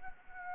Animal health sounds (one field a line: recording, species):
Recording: mosquito wingbeat signal from an infrared sensor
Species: Anopheles arabiensis